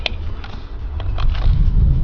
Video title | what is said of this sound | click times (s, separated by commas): Power Folding Mirror Install - BMW e46 | You can kind of hear like these like click click click sounds, and that's just it slotting itself into place on the clips. | 0.1 s, 1.0 s, 1.2 s